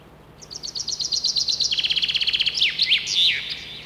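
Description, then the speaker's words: Common chaffinch song: a rattle of high chips, dropping into a lower trill, then finishing with a loud looping whistled flourish. Song always ends with a characteristic final flourish. "Послушай внимательно его песенку. Она всегда заканчивается вот таким росчерком."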